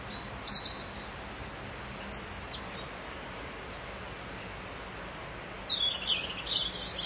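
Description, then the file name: Bird twitters sparsely: a short chirp, another after a pause, then a longer run of high twittering at the end, over hiss. "Vogel"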